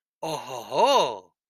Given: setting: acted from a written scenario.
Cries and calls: vocal sound without words; interest

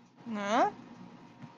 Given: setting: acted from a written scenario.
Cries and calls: vocal sound without words; confusion

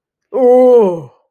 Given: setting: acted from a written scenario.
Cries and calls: vocal sound without words; negative surprise

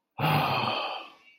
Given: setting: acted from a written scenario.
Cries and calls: vocal sound without words; ecstasy

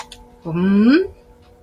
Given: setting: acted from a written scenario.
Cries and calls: vocal sound without words; interest

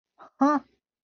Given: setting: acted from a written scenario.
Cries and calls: vocal sound without words; contempt

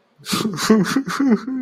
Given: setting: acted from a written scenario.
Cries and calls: vocal sound without words; sadness

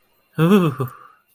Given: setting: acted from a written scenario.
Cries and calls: vocal sound without words; ecstasy

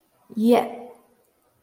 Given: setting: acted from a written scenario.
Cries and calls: vocal sound without words; elation

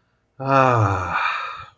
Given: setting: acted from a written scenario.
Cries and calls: vocal sound without words; contentment

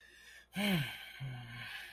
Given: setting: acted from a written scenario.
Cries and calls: vocal sound without words; guilt

